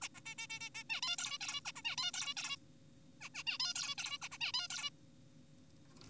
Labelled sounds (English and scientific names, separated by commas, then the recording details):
Zebra Finch (Taeniopygia guttata)
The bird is an adult
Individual g4p5U